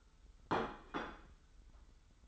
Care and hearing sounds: daily activity, microphone in the room; place plate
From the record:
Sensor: 3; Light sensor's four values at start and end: 37/87/35/33 and 37/87/35/33

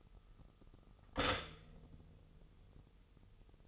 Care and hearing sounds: daily activity, microphone in the room; stop toaster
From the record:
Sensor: 4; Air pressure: 989.4 hPa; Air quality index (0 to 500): 216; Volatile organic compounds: 68 ppm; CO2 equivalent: 3496 ppm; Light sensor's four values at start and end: 23/82/30/32 and 24/84/31/32

